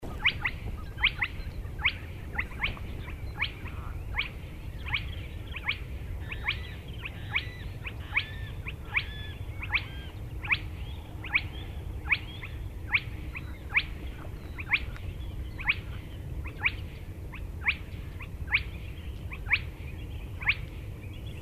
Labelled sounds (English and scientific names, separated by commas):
Spotted Crake (Porzana porzana)